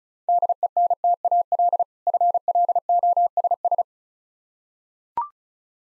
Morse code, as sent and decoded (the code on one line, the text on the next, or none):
-.. . -. - .- .-.. / ..-. .-.. --- ... ...
DENTAL FLOSS